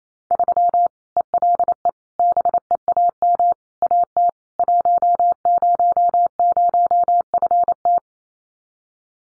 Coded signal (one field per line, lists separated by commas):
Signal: Morse code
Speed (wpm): 28 wpm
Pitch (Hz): 700 Hz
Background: none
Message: 3 ELE BEAM AT 100FT